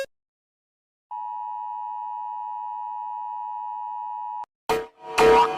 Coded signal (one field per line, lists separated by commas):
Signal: Emergency Alert System (SAME) tones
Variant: 853 and 960 Hz attention tone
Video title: Rating eas alarms (Read DESC)